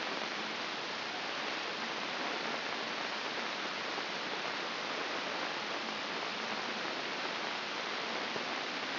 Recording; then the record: brain microelectrode recording played as sound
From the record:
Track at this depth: inside the subthalamic nucleus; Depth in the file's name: 2.831 mm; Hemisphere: left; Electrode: 2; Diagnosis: Parkinson's disease